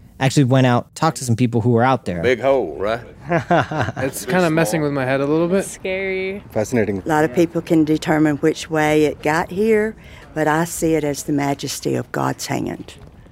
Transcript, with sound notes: Actually went out, talked to some people who were out there.
Big hole, right?
[laughs]
It’s kind of messing with my head a little bit.
It’s scary.
Fascinating.
A lot of people can determine which way it got here, but I see it as the Majesty of God’s hand.